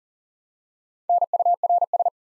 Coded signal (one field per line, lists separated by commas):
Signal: Morse code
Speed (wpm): 39 wpm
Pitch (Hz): 700 Hz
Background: none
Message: NURS